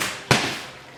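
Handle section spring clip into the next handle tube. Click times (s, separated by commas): 0.3 s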